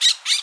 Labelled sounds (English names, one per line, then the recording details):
Brown-throated Parakeet contact call
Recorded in Bonaire
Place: just S of turnoff to Cai, near Lac Bay
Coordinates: 12.126, -68.239